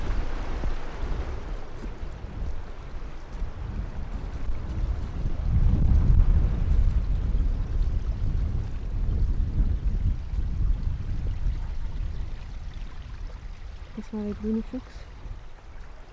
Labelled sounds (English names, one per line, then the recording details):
Arctic Fox
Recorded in the wild
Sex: male
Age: adult
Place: Insel Mednyi, Kommandeur-Inseln, RU
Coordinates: 54.5167, 168.083
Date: 1999-06-22 20:30
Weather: 4°C, Nebel
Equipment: Sony WM-D6C, Sennheiser ME 80, K 30 AV, Windkorb, Kopie Sony TCD-D8
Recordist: Jakupi, Antje